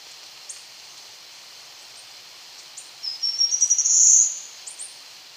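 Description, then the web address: Choco Warbler: a few faint high ticks, then one short, bright trill that rises in strength and fades, followed by more ticks. Ecuador. "Birds of Ecuador. Choco Warbler"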